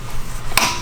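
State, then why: Torque reached. A click-type torque wrench tightens a flywheel bolt on a car engine. Low steady noise gives way to a single loud, sharp click at 0.6 s as the wrench reaches its set torque, followed by a brief ringing tail.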